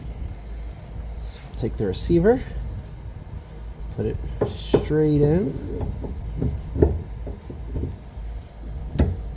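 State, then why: Not seated. Someone talks while a removable steel trailer hitch receiver is handled and about to be pushed straight into the hidden hitch mount under a Kia EV6, with brief handling knocks around 6.8 s. The clip ends before the receiver goes home, so nothing has seated or locked into place yet.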